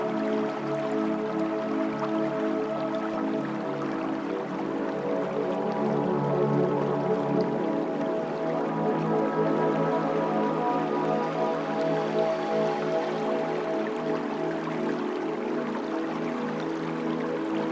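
Soft relaxation music with long held tones plays over the gentle trickle and drip of a flowing river. The level stays even throughout, with the low sustained notes shifting to a new chord about seven seconds in while the water keeps up a light, steady murmur.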